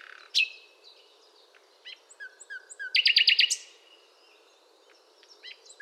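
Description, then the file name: Common nightingale singing a drawn-out whistle, soft scattered notes, then a quick loud rattling trill of repeated notes, followed by quieter fragments. "Luscinia megarhynchos"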